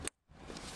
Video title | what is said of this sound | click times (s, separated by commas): Land Rover Discovery 3 rear light options and how to fit them | Make sure it clicks when you push it in, | 0.1 s